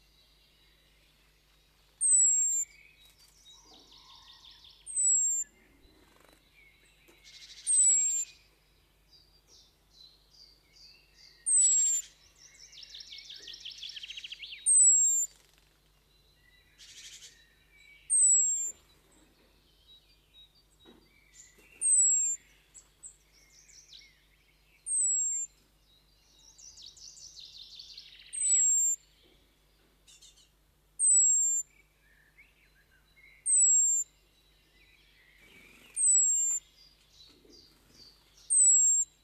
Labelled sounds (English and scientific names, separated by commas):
European Robin (Erithacus rubecula) call